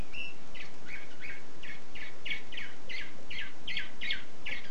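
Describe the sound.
Canary song: a steady run of about a dozen quick, buzzy chirped syllables, evenly spaced and repeated over a constant hiss.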